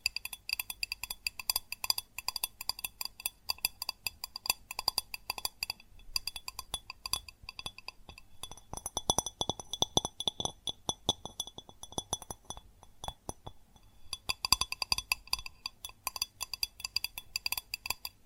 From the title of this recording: Fast Tapping on GlassCeramic Objects